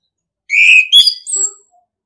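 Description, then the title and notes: Orange-headed thrush sings one short, strong phrase: a long bright whistle, then two higher sliding notes in quick succession. Masteran (training) song in the ngeplong style. "ANIS KEMBANG NGEPLONG. Masteran Anis Kembang"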